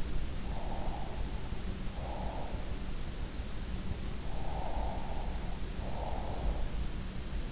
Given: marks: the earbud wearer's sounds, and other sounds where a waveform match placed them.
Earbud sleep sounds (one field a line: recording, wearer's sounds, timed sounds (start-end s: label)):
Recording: sounds in sleep by an in-ear microphone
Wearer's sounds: breath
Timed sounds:
0.36-2.69 s: breath
4.34-6.57 s: breath